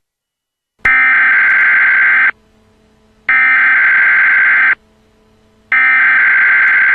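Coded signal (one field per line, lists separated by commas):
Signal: Emergency Alert System (SAME) tones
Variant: header bursts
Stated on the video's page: Mock alert with added tones; the original weather messages carried no EAS tones.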